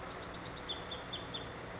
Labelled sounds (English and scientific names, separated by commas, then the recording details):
Chestnut-backed Chickadee (Poecile rufescens)
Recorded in Sonoma County, California